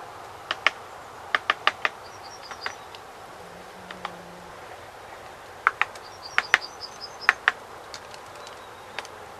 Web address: great spotted woodpecker